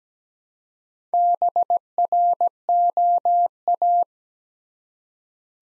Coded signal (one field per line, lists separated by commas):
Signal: Morse code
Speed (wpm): 17 wpm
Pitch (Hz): 700 Hz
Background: none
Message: BROA